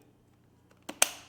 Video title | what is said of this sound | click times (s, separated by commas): SMALLRIG 220B - A SMALL LIGHT with a BIG PUNCH!!! | and you hear a click once it clicks in the battery is on there it's not going anywhere | 1.0 s